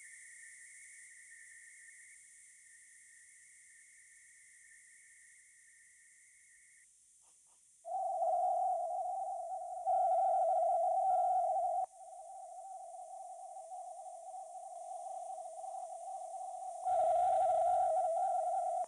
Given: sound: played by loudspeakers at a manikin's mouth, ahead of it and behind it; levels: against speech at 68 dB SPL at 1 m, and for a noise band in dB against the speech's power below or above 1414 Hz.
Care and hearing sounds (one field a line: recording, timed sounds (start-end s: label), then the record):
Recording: test signals for a remote microphone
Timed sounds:
0.00-2.14 s: noise band at 2000 Hz, -5 dB
2.14-6.84 s: noise band at 2000 Hz, -10 dB
7.84-9.84 s: noise band at 707 Hz, -13 dB
9.84-11.84 s: noise band at 707 Hz, +22 dB
11.84-16.84 s: noise band at 707 Hz, -13 dB
16.84-18.84 s: noise band at 707 Hz, +22 dB
From the record:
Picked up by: remote microphone C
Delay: 23 ms